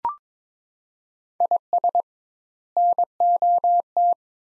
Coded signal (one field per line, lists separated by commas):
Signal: Morse code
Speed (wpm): 21 wpm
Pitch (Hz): 700 Hz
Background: none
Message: IS NOT